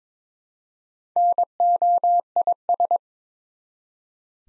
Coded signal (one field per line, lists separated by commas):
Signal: Morse code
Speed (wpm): 22 wpm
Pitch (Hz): 700 Hz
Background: none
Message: NOIS